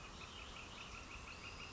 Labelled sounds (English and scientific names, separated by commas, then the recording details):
Northern Flicker (Colaptes auratus)
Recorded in Sonoma County, California